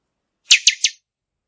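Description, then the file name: Buffy-fronted seedeater giving a single brisk phrase of four buzzy, sharp high notes topped by a fine whistle, in otherwise clean silence. "Canto-do-Pixoxó"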